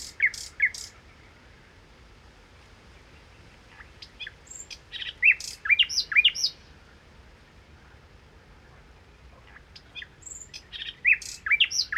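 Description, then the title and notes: Common nightingale song: short bursts of varied whistles and sharp chirps, a phrase near the start, a longer one midway and another at the end, separated by pauses. Nightingale song recorded 1 May 2019 in the Crau, Bouches-du-Rhône, France, with a Nagra Seven recorder, comparing cardioid (MKH8040) and omnidirectional (MKH8020) microphones. "Crau - Bouches du Rhône. Rossignol philomèle"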